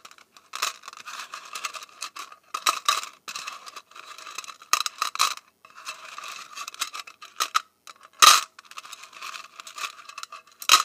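Paperclips and safety pins rattle and scrape against each other in an irregular run of small metallic clicks and clinks. The sound is bright and thin with no low end, with busier bursts around two, five and six seconds, and one sharp chink near eight seconds.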